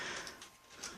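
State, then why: Seated. An attachment is pushed onto the rail of an ICS SIG SG551 LB MRS airsoft replica rifle and clicks into place, with clicks at 0.4 s and 0.8 s over a steady hiss. It seats but is a little wobbly, though it won't fall off.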